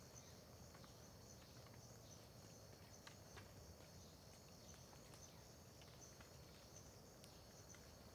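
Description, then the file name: Crickets in a steady high-pitched trilling chorus that runs unbroken throughout, with scattered light clicks and drips over a low rumbling background. Dawn ambience beside the road in Terra Ronca park, with dripping water also present; AB stereo recording. "Ambiencia parque terra ronca perto da estrada amanhecer com bacurau, gotejar, grilos, gravacao em ab"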